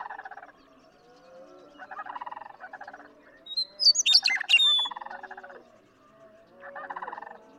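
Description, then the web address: Western meadowlark gives one whistled, gurgling song phrase in the middle, surrounded by repeated low, pulsed rattling calls from other animals before and after. "birdsongforthecurious songs Western Meadowlark"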